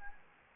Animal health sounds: mosquito wingbeat signal from an infrared sensor; Anopheles gambiae

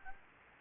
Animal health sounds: mosquito wingbeat signal from an infrared sensor; Anopheles gambiae

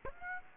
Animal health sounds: mosquito wingbeat signal from an infrared sensor; Aedes aegypti

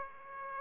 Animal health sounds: mosquito wingbeat signal from an infrared sensor; Aedes aegypti

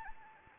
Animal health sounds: mosquito wingbeat signal from an infrared sensor; Anopheles gambiae

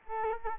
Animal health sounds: mosquito wingbeat signal from an infrared sensor; Culex quinquefasciatus

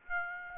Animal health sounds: mosquito wingbeat signal from an infrared sensor; Aedes aegypti

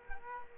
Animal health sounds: mosquito wingbeat signal from an infrared sensor; Culex quinquefasciatus

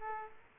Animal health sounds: mosquito wingbeat signal from an infrared sensor; Aedes aegypti

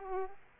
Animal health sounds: mosquito wingbeat signal from an infrared sensor; Aedes aegypti

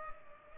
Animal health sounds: mosquito wingbeat signal from an infrared sensor; Culex pipiens

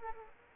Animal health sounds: mosquito wingbeat signal from an infrared sensor; Aedes aegypti

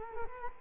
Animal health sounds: mosquito wingbeat signal from an infrared sensor; Culex quinquefasciatus

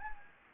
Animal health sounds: mosquito wingbeat signal from an infrared sensor; Anopheles gambiae

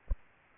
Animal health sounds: mosquito wingbeat signal from an infrared sensor; Aedes aegypti

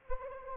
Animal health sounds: mosquito wingbeat signal from an infrared sensor; Anopheles arabiensis

